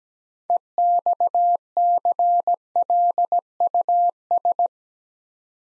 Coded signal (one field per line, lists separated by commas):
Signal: Morse code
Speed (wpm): 17 wpm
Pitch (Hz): 700 Hz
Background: none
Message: EXCLUS